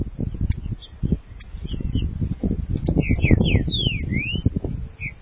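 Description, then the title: Green-winged saltator song: a run of loud, slurred downward and upward whistles, several in quick succession, over heavy low-pitched rumbling noise. "Trinca Ferro"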